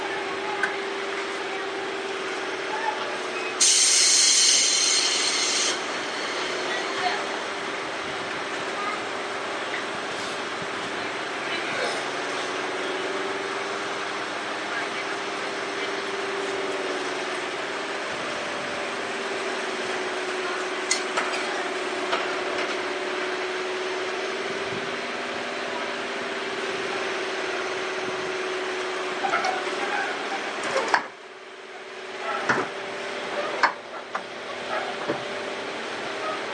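Sotetsu 7000 series train ride between Yokohama and Yamato: a steady running hum with a droning tone, a bright hiss burst near four seconds, quieting around thirty-one seconds.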